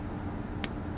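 A purple plastic toy connector is snapped into a blue plastic connector, giving one sharp, bright click at 0.6 s over a quiet, steady background hum. The connectors snap together and are seated.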